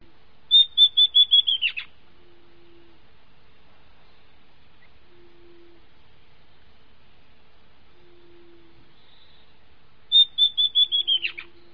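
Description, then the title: Southern chestnut-tailed antbird call: two bouts of quick whistled notes, each series gently falling and ending in a harsher note, separated by about eight seconds of quiet. Nominate subspecies hemimelaena. "LuckyPassaro Completos2Sama. Southern Chestnut-tailed Antbird (Myrmeciza hemimelaena hemimelaena)"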